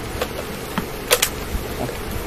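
After cleaning, the plastic cyclone bin of a Dyson V6 handheld stick vacuum is pushed back onto the vacuum body until its retaining clips catch. Faint taps and handling sounds at about 0.2 and 0.8 s lead to two sharp clicks at 1.1 and 1.2 s. The bin is seated and snapped onto the vacuum body.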